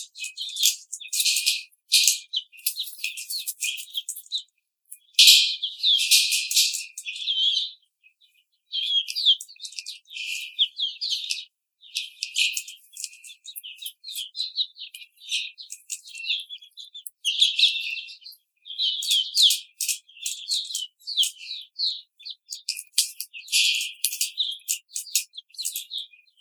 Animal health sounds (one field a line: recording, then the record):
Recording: young laying hens in a cage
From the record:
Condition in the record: treatment cage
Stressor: simulated dog barking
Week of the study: 5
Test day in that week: 1